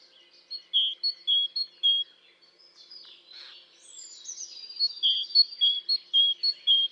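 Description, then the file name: Great tit singing a repeated two-note whistled phrase in two bursts, with a pause in between filled by faint high twittering and a thin descending note. "Parus major"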